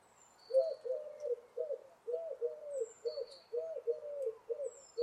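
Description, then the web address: Bird giving low, soft cooing phrases, each a rolling two- or three-part coo, repeated steadily; thin high whistles from other birds sound faintly above. "Deverinetal 2025. Bird Only"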